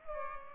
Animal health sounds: mosquito wingbeat signal from an infrared sensor; Culex pipiens

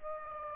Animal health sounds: mosquito wingbeat signal from an infrared sensor; Aedes aegypti

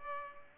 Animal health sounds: mosquito wingbeat signal from an infrared sensor; Culex pipiens

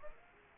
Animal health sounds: mosquito wingbeat signal from an infrared sensor; Aedes aegypti

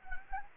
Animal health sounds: mosquito wingbeat signal from an infrared sensor; Anopheles gambiae

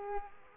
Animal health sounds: mosquito wingbeat signal from an infrared sensor; Culex quinquefasciatus

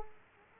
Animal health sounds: mosquito wingbeat signal from an infrared sensor; Culex quinquefasciatus

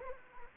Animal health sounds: mosquito wingbeat signal from an infrared sensor; Anopheles arabiensis

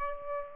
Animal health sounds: mosquito wingbeat signal from an infrared sensor; Aedes aegypti

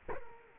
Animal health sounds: mosquito wingbeat signal from an infrared sensor; Culex quinquefasciatus

